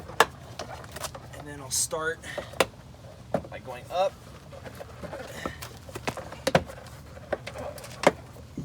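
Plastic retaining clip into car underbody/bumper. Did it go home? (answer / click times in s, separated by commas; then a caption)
yes / 8.1 s. A plastic retaining clip on a Downforce Solutions V3 aero kit panel for a Focus RS is pushed up, then down into the car's underbody while someone talks. Short knocks and scrapes of handling are heard throughout, and the clip clicks into place at 8.1 s, leaving it seated.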